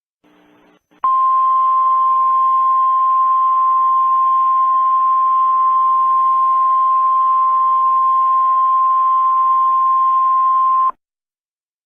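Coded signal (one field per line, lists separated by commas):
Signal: Emergency Alert System (SAME) tones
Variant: 1050 Hz attention tone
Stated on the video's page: Fictional EAS mini scenario.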